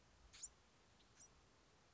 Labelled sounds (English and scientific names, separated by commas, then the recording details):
Bewick's Wren (Thryomanes bewickii)
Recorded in Sonoma County, California